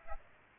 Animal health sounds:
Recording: mosquito wingbeat signal from an infrared sensor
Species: Aedes aegypti

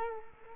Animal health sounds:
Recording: mosquito wingbeat signal from an infrared sensor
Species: Culex quinquefasciatus

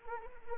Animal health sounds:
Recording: mosquito wingbeat signal from an infrared sensor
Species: Anopheles arabiensis

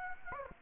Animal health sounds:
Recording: mosquito wingbeat signal from an infrared sensor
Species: Aedes aegypti

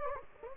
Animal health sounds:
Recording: mosquito wingbeat signal from an infrared sensor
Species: Anopheles gambiae

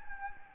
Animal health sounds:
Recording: mosquito wingbeat signal from an infrared sensor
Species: Anopheles gambiae

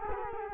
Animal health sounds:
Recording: mosquito wingbeat signal from an infrared sensor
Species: Culex quinquefasciatus

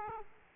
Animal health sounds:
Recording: mosquito wingbeat signal from an infrared sensor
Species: Aedes aegypti

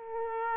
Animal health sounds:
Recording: mosquito wingbeat signal from an infrared sensor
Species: Aedes aegypti

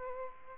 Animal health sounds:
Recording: mosquito wingbeat signal from an infrared sensor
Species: Aedes aegypti

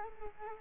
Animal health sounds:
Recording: mosquito wingbeat signal from an infrared sensor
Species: Culex quinquefasciatus

